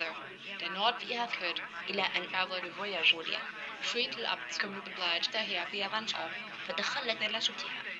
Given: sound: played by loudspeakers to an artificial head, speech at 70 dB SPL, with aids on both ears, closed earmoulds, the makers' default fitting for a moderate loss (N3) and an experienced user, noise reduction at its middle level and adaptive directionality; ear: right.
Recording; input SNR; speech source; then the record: speech test signal (ISTS) in cocktail-party noise; 0 dB; on the right (90 degrees)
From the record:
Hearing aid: class 1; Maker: F